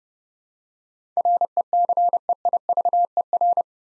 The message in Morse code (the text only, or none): RECEIVER